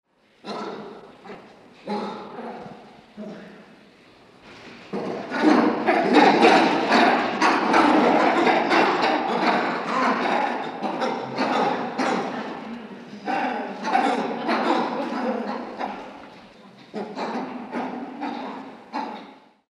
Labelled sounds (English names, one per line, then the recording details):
Lion-tailed Macaque
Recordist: Tembrock, Günter
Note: Erregungsrufe